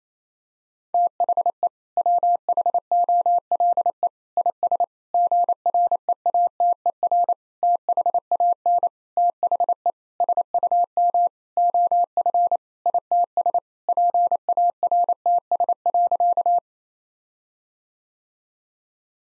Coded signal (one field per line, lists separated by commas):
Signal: Morse code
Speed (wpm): 28 wpm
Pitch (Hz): 700 Hz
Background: none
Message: THE WHOLE IS GREATER THAN THE SUM OF ITS PARTS.